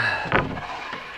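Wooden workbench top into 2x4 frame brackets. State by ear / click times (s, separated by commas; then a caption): seated / 0.4 s. A wooden workbench top is slid up onto a 2x4 frame and into its brackets, dropping home with a sharp knock at 0.4 s as it locks into place. The top is seated.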